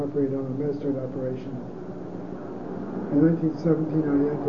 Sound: traffic can be heard in the background

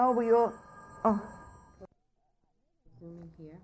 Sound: phone rings

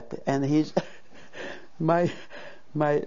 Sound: she laughs

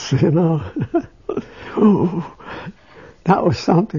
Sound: he laughs

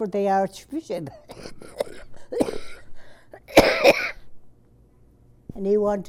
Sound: coughs

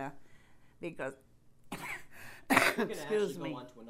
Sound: coughs

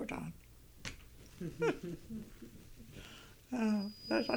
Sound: she laughs

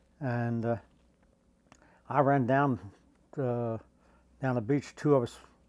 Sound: none

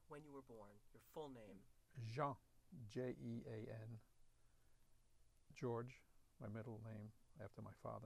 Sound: he pronounces it as George

